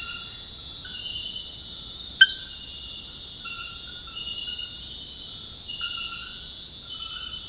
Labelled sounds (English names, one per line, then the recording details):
none
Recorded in dense forest near Puerto Asís, Putumayo, Colombia, on 20 February 2024 at 01:30
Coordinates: 0.485, -76.325
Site G6429